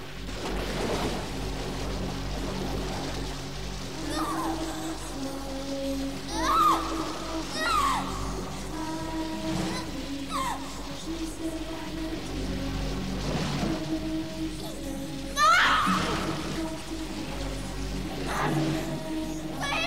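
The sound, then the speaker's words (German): Water splashes and sloshes irregularly in a bathtub as someone who has slipped under the water tries to grab the tub's rim, with a few sharper splashes standing out, while voices sound over the watery movement. “Sie versuchte, sich am Rand der Badewanne festzuhalten, aber sie kam sich vor wie in einem Abgrund.”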